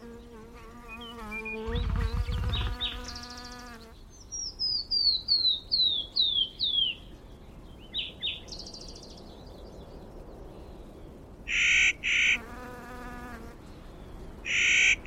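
Nature sounds: a steady buzzing drone with a low thump around two seconds fills the opening, then a quick run of falling bird chirps. Later, sharp bright calls and loud insect-like bursts break in near twelve seconds and again at the end.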